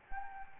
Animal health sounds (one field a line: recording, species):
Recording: mosquito wingbeat signal from an infrared sensor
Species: Anopheles gambiae